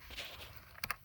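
On a 2017 Ford Fusion, the black locking tab on the plastic airbag/horn wiring connector from the airbag module is pushed in while the connector is pulled apart. Two sharp clicks sound at 0.8 and 0.9 seconds over low background noise. The connector unlatches and unplugs.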